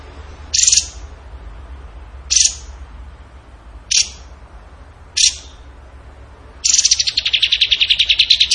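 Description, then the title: Bird producing four short sharp chips, then a fast, buzzy trill. Bird song in the tembakan gacor style, used as masteran (training for other birds). "Masteran Burung Tembakan Gacor"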